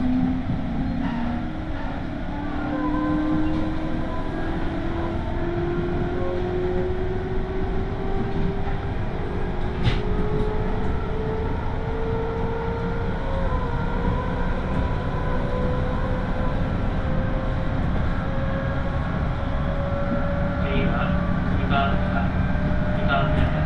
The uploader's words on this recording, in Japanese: 東海道本線各駅停車 豊橋→西岡崎。最近は運用も減っている311系特有の加速感が分かると思います。